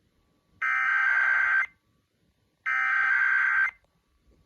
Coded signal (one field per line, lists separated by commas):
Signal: Emergency Alert System (SAME) tones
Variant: header bursts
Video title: [EAS #2548-#2550] KLOVE Strikes Again with a Random Weekly Test